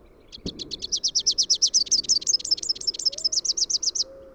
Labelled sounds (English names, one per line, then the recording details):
Rufous-capped Warbler song
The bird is a male
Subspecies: rufifrons
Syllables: 44
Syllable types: 7
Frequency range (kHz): 3.1-8.3 kHz
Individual YA-GYS-M